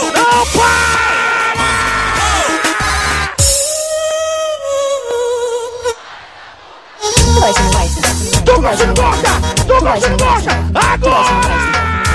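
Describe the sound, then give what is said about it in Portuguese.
A live crowd yells and cheers loudly over pounding music, the noise dropping briefly in the middle before surging back just as loud. “Põe a mãozinha pra cima e grita! Pra cima! Agora!”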